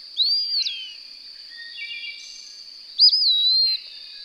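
Bird singing two whistled phrases, each rising sharply then gliding down in a long slur, separated by a pause, over a constant thin high-pitched drone.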